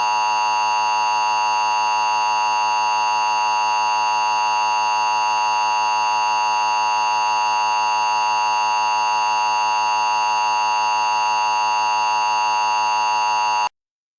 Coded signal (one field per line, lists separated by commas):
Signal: Emergency Alert System (SAME) tones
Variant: 853 and 960 Hz attention tone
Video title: Mock EAS: Multi-Part Disaster Hybrid